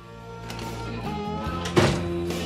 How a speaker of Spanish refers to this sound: Con portazo incluido.